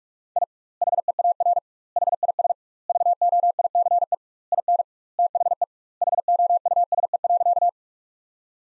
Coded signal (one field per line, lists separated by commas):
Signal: Morse code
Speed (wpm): 46 wpm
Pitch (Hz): 700 Hz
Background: none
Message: I HEAR HIS VOICE IN THE HOUSE.